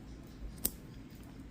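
Pressing the small tabs on a plastic Hepail magnetic quick-release base unlatches an Insta360 GO Ultra action camera. A single sharp click is heard at about 0.7 seconds over a quiet background, and the camera comes off, released from the mount.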